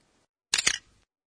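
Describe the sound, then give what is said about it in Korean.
A single camera shutter fires with a crisp, bright mechanical clack, a quick double-edged snap that rings briefly and dies away, standing alone in silence. “카메라 셔터를 누르는 소리네요.”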